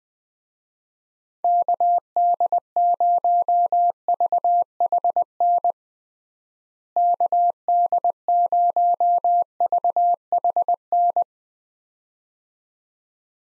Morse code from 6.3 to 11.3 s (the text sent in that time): KD0VHN